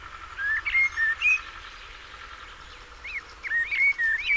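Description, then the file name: Common blackbird sings two clear phrases of warbled, slurred whistles with short squeaky notes, separated by a brief pause, low rumble behind. "Turdus merula"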